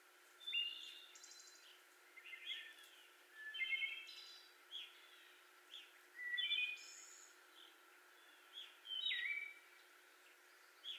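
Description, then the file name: Wood Thrush singing varied fluty phrases, each a short whistled opening ending in a high shimmering trill, given at irregular intervals throughout. Recorded 18 May 2021. "2021-05-18 Wood Thrush"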